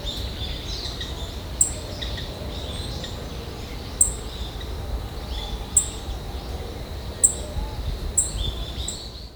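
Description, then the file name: Black-faced bunting calling with brief, sharp, high-pitched notes every one to two and a half seconds, set against a constant low rumble. "aoji"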